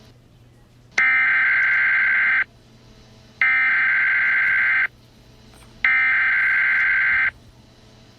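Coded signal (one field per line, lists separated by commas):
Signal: Emergency Alert System (SAME) tones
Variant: header bursts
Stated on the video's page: Fictional EAS scenario made for entertainment.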